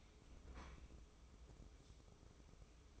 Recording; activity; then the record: daily activity, microphone in the room; open fridge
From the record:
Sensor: 1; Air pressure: 995.3 hPa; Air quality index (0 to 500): 25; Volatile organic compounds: 0 ppm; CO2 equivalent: 500 ppm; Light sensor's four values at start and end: 19/62/23/25 and 19/62/23/25